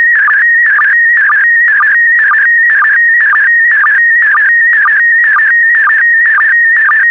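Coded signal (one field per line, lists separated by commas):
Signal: SSTV (slow-scan television)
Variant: PD120 mode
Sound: warbling high tone with steady rhythmic chirping blips, about two per second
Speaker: the next image transmission will start in 10 seconds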